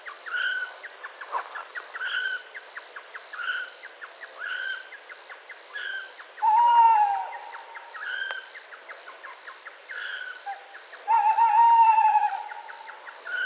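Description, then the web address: Tawny owl hooting twice, each a long, steady, hollow note about five seconds apart, over a busy backdrop of rhythmic chirps and ticking sounds. "strix aluco call"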